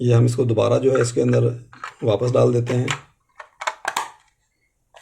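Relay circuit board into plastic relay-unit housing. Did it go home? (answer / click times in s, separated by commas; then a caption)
yes / 3.7 s, 3.9 s, 4.0 s. Someone talks, then the small circuit board of an Omron 61F-11 relay unit (for an Omron 61F-G-OSL floatless level switch) is pushed back inside its plastic housing. A few sharp clicks follow, with the loudest at 3.7 s, 3.9 s and 4.0 s, as the board locks into the housing.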